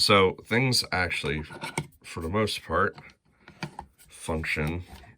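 Someone talks while handling a hinged hatch on a Mandalorian Amban rifle prop, with a few brief taps and handling sounds around 3.5 to 3.8 seconds. The hatch has not yet latched into the prop rifle body; nothing has clicked or seated yet.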